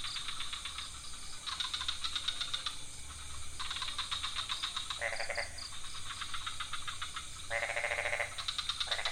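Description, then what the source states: Frogs calling in a chorus: fast pulsed rattling trills in bursts of one to two seconds, with lower croaking notes breaking in twice. Several frog species in a pond near a hotel in Ubud, Bali, Indonesia, at night; recorded with Sony PCM D50, Rode NT4 and boompole.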